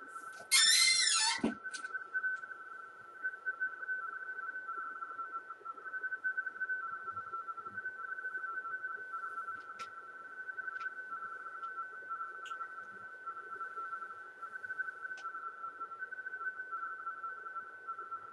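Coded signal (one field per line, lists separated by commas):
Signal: RTTY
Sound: brief rustle, then continuous rapid warbling between two close tones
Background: radio static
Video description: a screen capture of the free Airlink Express software decoding a RTTY (Radio Teletype) transmission on 40 meters. The message is a bulletin from the ARRL headquarters W1AW.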